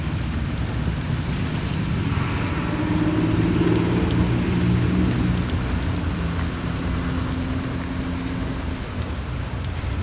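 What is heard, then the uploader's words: Rain patters on a car window as a dense, steady hiss that fills the whole ten seconds. Underneath runs a low engine rumble, with a tonal hum rising around three to five seconds and another softer drone near seven to nine seconds. Sleep Rain On Car Window Ambient Noise.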